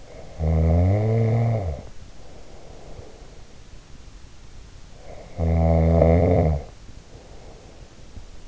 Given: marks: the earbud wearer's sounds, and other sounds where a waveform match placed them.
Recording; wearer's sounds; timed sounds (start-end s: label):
sounds in sleep by an in-ear microphone; snoring breath
0.00-3.43 s: snoring breath
4.80-8.37 s: snoring breath